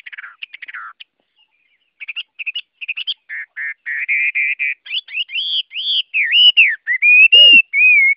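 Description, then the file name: Chinese hwamei song: scattered quick notes build into loud, looping whistled phrases that swoop up and down, growing louder toward the end. Hwamei singing in the Vietnamese wild-voice style (giọng rừng). "Tieng hoa mi hot giong rung"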